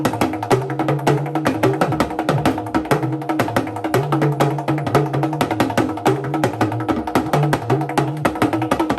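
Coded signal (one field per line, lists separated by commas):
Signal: talking drum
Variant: Yoruba dundun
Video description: Watch Ayanlekan eulogise with talking drum and accompanied in high rhythmic harmony.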